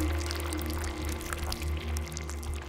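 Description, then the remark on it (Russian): Wet concrete mortar pours onto two bodies in a continuous, thick rush, with faint irregular splatters over a steady low mechanical hum. No voices. “Сделав 2 укола, он дождался, пока клиенты заснут, а затем дал горняку отмашку и зашагал к выходу под звук бетонного раствора, льющегося на 2 тела.”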